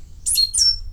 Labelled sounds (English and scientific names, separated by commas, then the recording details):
Stitchbird (Notiomystis cincta) song
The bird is a male
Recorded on Tiritiri Matangi Island, New Zealand, in 2005
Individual 22, of nest box 31